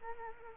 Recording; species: mosquito wingbeat signal from an infrared sensor; Culex quinquefasciatus